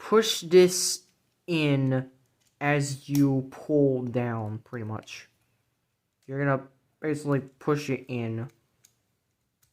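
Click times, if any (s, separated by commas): none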